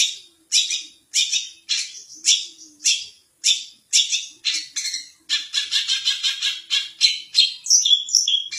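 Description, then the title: Long-tailed shrike song: harsh, rasping notes repeated about twice a second, quickening after five seconds into a dense run of scratchy chatter. "Cendet"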